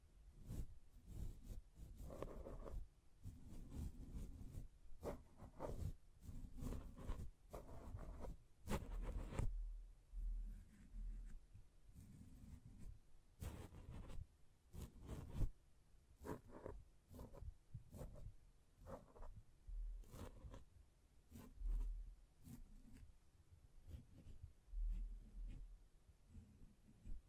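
Tapping, scratching and hand sounds rub and brush against a microphone in irregular bursts. Sharp taps punctuate dense, scratchy rubbing with low thumps, clustering heavily in the first ten seconds, then thinning into scattered strokes and taps with short quiet gaps.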